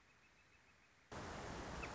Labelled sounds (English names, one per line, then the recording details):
Northern Flicker
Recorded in Sonoma County, California